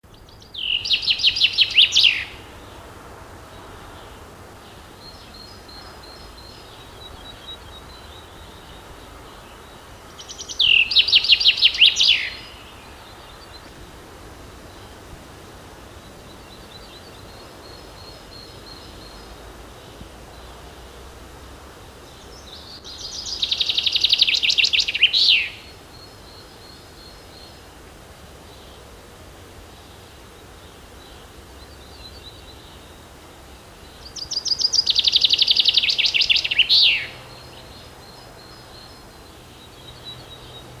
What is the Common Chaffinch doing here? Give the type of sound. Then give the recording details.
song. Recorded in the wild. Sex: male. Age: adult. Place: Schloß Holte-Stukenbrock, Senne, Nordrhein-Westfalen, DE. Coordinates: 51.8667, 8.66667. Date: 1973-05-27. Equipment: Uher 4200 Report Stereo, Bändchenmikro Beyer M 260, Parabolspiegel Polyester (600 mm). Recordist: Conrads, Klaus. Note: Stukenbrock, Furlbach-Gebiet. Männchen: Gesang; Buchfink 60-1 - Bezeichnung des Autors